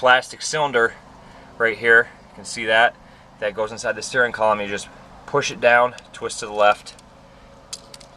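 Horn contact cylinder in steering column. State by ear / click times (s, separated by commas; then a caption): released / 7.7 s. Someone talks while pushing down the spring-loaded horn contact cylinder in the steering column of a classic GM vehicle and twisting it to the left. A sharp click at 7.7 s is followed by two fainter ticks, as the bayonet-style twist lock releases so the cylinder pulls out of the steering column.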